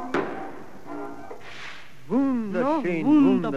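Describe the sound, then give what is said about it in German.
A single sharp firework crack rings out at the start, followed by a short fizzing hiss, and then people begin talking. “Wie hat Ihnen jetzt das Feuerwerk gefallen?”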